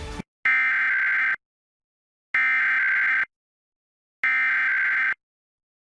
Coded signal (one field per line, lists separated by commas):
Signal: Emergency Alert System (SAME) tones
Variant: header bursts